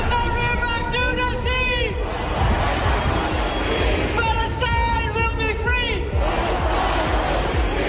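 A large crowd at a protest chants slogans in unison, two loud rhythmic bursts of shouting separated by a stretch of roaring crowd noise, with dense babble throughout.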